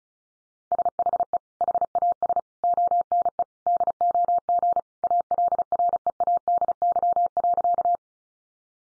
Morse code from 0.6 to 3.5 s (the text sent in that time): SHE HAS ONE